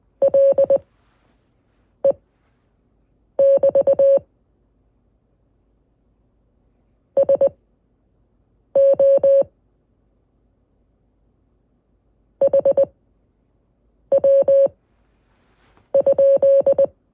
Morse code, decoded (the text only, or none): LE <BT> SO HW?